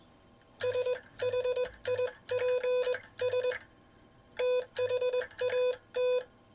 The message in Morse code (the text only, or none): SHIPS THAT